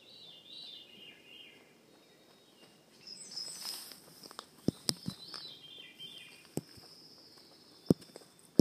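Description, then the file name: Veery song: a few downward-spiralling fluty phrases, mixed with sharp clicks and knocking sounds. Recorded in Juneau, Alaska, on 15 June 2014. "Veery Alaska Juneau Laurie Lamm"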